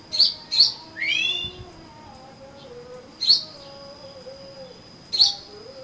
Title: Kacer Kacer